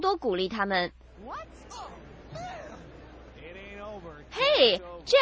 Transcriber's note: sound of distant argument